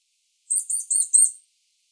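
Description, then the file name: Eurasian nuthatch call: a single high, thin burst of four rapid buzzy notes lasting about one second, with no other sounds. "Sitta europaea"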